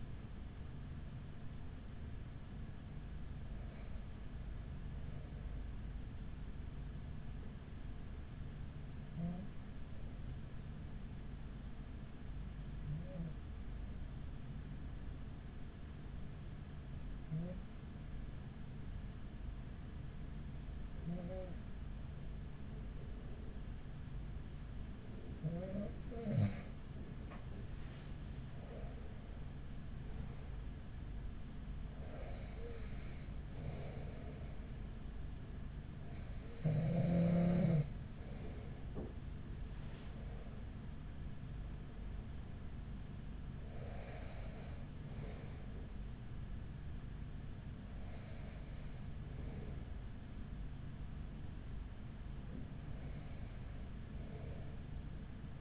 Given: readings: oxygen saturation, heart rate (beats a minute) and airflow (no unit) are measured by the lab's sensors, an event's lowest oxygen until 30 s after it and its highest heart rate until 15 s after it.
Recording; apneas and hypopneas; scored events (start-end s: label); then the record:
breathing in sleep by a smartphone at the bedside; 1
11.00-30.80 s: hypopnea (N2, oxygen 96% highest, then 94% lowest, heart rate 43 at the start, 47 highest)
27.00-55.61 s: new sleep stage, N1 (lightest sleep)
From the record:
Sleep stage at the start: N2 (light sleep); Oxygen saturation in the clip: 94 to 96%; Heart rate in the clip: 40 to 47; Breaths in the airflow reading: 13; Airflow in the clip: -6.4 to 6.6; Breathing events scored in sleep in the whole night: 207 in 7.6 hours asleep